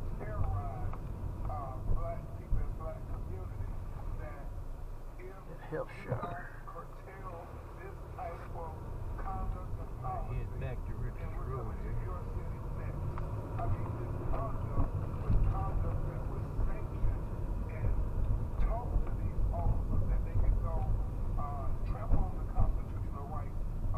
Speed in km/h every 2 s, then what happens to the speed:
18, 15, 5, 0, 6, 10, 11, 18, 21, 23, 23, 19.
0-5 brakes to 0. 5-7 standing. 7-17 pulls away to 23.